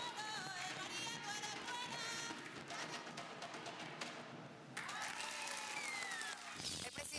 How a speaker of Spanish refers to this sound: Un aplauso a este grupo escénico, Escenario Negroide.